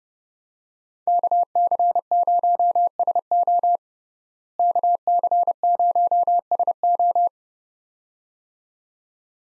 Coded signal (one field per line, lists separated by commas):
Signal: Morse code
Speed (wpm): 30 wpm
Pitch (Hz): 700 Hz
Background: none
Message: KC0SO KC0SO